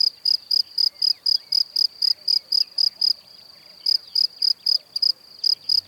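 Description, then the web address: A cricket sings rapid shrill chirps, roughly four each second, pausing briefly midway before resuming. "Kurs PTTK Przyroda Ptaki Świerszcze"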